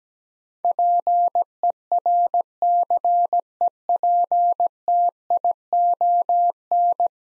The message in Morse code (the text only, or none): PERCEPTION